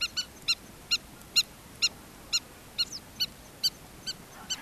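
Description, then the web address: Southern lapwing calling with evenly spaced harsh, nasal notes about twice per second, each strongly harmonic, over a light steady background hiss. "earth naturelibrary assets s so southern lapwing"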